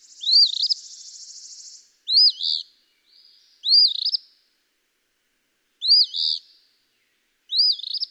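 Eastern phoebe singing five scratchy fee-bee phrases at irregular intervals, a fizzy buzz following the first.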